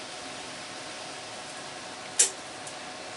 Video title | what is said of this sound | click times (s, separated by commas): How to use a torque wrench. | once you hear that click | 2.2 s